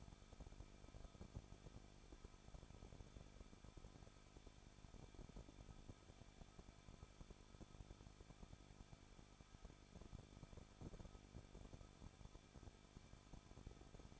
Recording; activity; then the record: daily activity, microphone in the room; no activity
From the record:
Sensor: 5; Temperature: 20.8 degrees Celsius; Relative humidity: 38.6%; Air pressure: 1006.5 hPa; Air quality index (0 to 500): 192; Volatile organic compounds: 21 ppm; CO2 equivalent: 2709 ppm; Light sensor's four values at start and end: 2/3/1/1 and 2/3/1/1